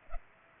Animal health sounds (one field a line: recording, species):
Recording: mosquito wingbeat signal from an infrared sensor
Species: Culex pipiens